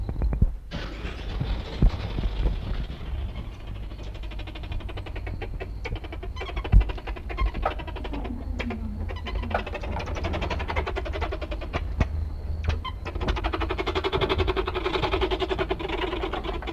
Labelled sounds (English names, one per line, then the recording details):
Common Marmoset call
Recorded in captivity
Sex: group
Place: Tierpark Berlin, Berlin, DE
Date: 1961-01-11 13:30
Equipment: Minifon, Kopie Smaragd
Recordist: Tembrock, Günter